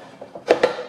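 A rear support piece is fitted onto the center part and clipped in. Two faint taps at about 0.2 and 0.4 seconds lead into two sharp snaps at 0.5 and 0.6 seconds, and the support is clipped in place.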